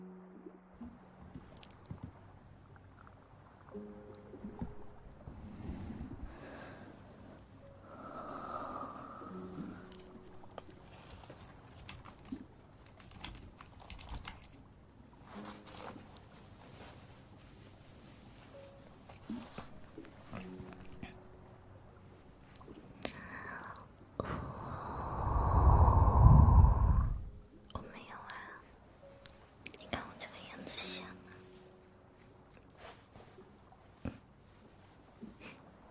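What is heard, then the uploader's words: Mouth sounds: wet clicks, smacks and soft breaths scattered irregularly throughout. A louder, heavier burst, like a snort or deep exhale, swells around the middle-late stretch near 25 seconds before things settle back to sparse clicks. Intense Mouth Sounds.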